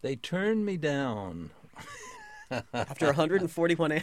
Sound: laughs

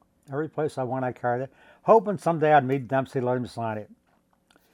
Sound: none

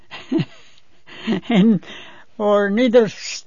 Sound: she laughs

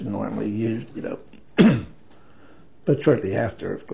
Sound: coughs

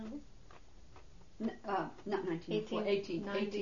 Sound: voice off-mike

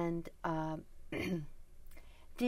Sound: she clears her throat

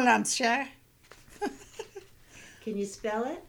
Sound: she laughs

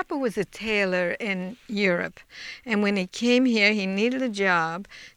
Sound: none

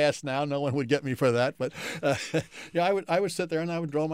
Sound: chuckles

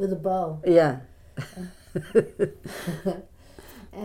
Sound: chuckles

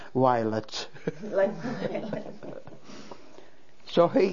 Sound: they laugh

